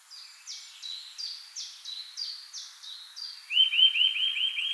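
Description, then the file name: Eurasian nuthatch giving a steady series of sharp, high downslurred notes, ending with a rapid run of rising whistled notes. "Sitta europaea"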